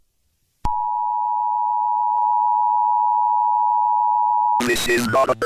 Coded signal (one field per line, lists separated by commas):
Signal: Emergency Alert System (SAME) tones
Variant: 853 and 960 Hz attention tone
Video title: The mushroom infection part 10 eas alert